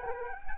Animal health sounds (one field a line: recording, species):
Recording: mosquito wingbeat signal from an infrared sensor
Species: Anopheles arabiensis